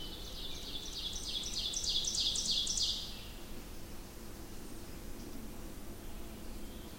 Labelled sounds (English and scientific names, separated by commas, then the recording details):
Ovenbird (Seiurus aurocapilla) song
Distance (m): 65 m
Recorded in boreal forest in Alberta, Canada, on 20 June 2016 at 08:27
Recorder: SongMeter 3, array SBT-6-81
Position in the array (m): 164 m, 195 m
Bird 25